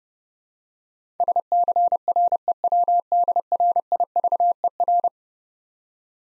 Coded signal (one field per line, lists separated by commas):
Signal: Morse code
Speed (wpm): 28 wpm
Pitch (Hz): 700 Hz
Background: none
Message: SCREWDRIVER